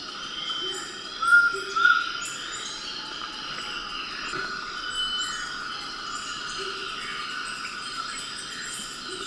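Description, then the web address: Large-headed flatbill uttering two brief whistled notes in quick succession, followed by quiet, with a continuous insect buzz throughout. Recorded in Ecuador. "S America Birds of Ecuador. Large-headed Flatbill"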